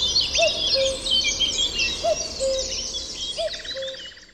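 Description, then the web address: Common cuckoo singing its two-note cu-coo, a higher note then a lower held one, repeated about every 1.5 seconds over a busy chorus of other songbirds. "chant didier collin coucou gris"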